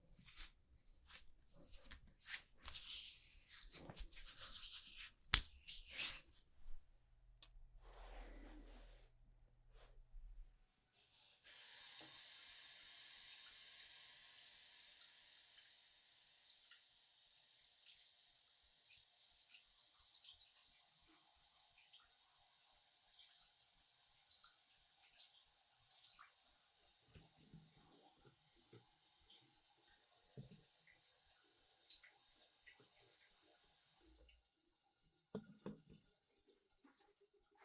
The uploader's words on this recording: ASMR Relaxing Barber Shop (No Talking) Haircut, Shaving, Shampoo & Massage, etc.